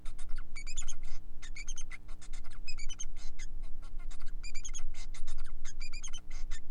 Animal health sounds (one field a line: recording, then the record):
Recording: song of a male Bengalese finch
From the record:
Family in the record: son of father 4